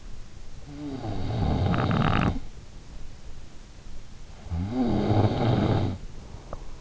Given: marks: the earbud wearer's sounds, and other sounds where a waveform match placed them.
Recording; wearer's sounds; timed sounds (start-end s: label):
sounds in sleep by an in-ear microphone; snoring breath
0.35-2.93 s: snoring breath
4.01-6.81 s: snoring breath